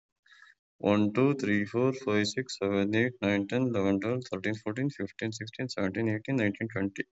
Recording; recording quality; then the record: counting at a normal pace; excellent, no background noise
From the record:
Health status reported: COVID-19 positive, no symptoms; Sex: male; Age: 34 years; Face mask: not worn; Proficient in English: no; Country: India